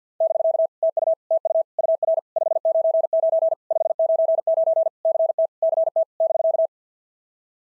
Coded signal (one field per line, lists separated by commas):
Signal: Morse code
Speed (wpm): 51 wpm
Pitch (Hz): 650 Hz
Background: none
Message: <BK> TU TU UR 599 599 CT CT <BK>